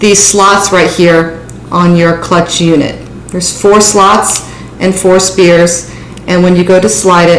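Someone talks while handling a metal spear that is about to be slid into one of the four slots on a plastic roman-shade bead chain clutch unit. The clip ends before the spear goes home, so nothing has seated or clicked yet.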